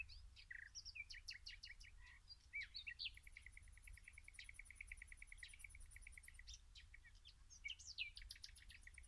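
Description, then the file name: Common nightingale song of rapid repeated notes and sharp chips, with a thin high-pitched buzzing trill running through the middle section. "Luscinia megarhynchos"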